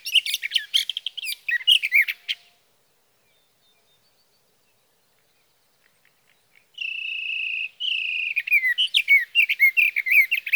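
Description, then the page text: Sage thrasher song in two bursts of rapid warbling, split by several seconds of silence, the second opening with two long steady whistled notes. Song of a male, recorded through three nights from June 12 evening to June 15 morning, 2018, near his night roost in Sierra Valley, California, with a Swift recorder; night songs. "61. Sage thrasher songs, through the night."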